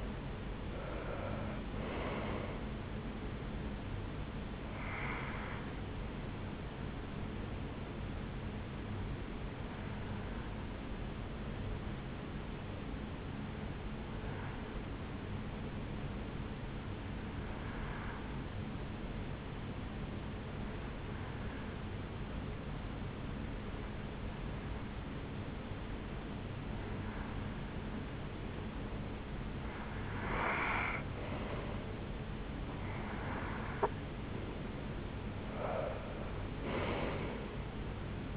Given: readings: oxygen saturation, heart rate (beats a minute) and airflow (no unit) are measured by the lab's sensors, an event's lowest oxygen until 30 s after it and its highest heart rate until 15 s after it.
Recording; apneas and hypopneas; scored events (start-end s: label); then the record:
breathing in sleep by a voice recorder at the bedside; 1
14.00-32.60 s: hypopnea (N1, oxygen 95% highest, then 88% lowest, heart rate 62 at the start, 76 highest)
From the record:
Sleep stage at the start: N1 (lightest sleep); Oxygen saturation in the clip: 70 to 95%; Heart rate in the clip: 61 to 85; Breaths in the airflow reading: 11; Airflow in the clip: -8.9 to 8.5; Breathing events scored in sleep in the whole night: 449 in 7.0 hours asleep